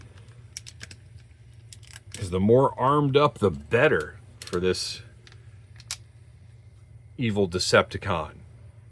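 Someone handles the cannon accessory for a plastic Super 7 Transformers Ultimates G2 Megatron action figure, producing light plastic taps and clicks around 0.6–0.9, 1.7–2.0 and 5.3–5.9 seconds while someone talks. Nothing has seated or clicked into place yet.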